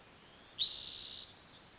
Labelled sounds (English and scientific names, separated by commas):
Spotted Towhee (Pipilo maculatus)